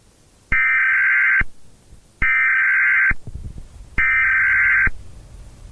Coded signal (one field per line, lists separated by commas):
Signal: Emergency Alert System (SAME) tones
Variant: header bursts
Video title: Black Sun (2015) | The Solar Collapse – EAS Scenario